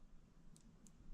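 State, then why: Seated. A microSD memory card is pushed into the card slot of a GoPro action camera until it latches. Two tiny, sharp clicks sound at 0.6 s and 0.9 s over a low, steady background hum. The card ends up completely seated in the slot.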